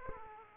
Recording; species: mosquito wingbeat signal from an infrared sensor; Aedes aegypti